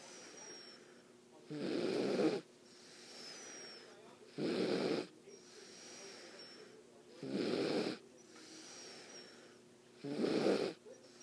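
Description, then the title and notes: Dog snoring, four loud raspy snores spaced roughly every three seconds, with soft wheezy breathing between. "proof that dogs snore by Natalie Jo"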